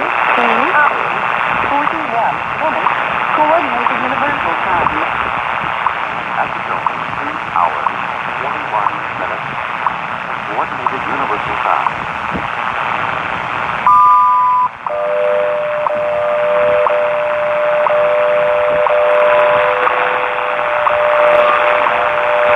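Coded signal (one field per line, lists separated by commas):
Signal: radio time signal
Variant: WWV and WWVH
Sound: noisy voice announcement, a short high marker tone, then a steady low tone with ticks each second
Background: radio static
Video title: WWV and WWVH, 10 MHz from San Francisco, California -- 2:39, 17 Apr 2020 (UTC)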